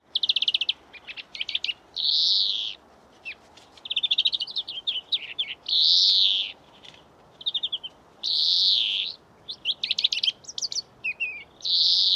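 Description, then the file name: European greenfinch song: bright twittering trills alternating with long buzzy wheezes, repeated several times, with no other clear sounds. "Chloris chloris"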